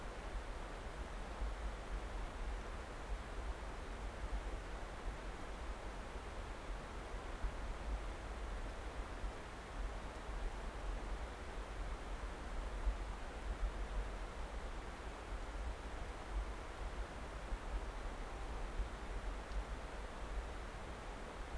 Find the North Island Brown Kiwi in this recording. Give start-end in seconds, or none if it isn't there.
none